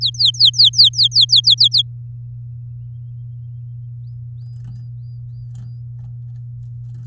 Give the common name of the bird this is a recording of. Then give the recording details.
Domestic Canary. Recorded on 8 May 2018 at 10:40. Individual llb16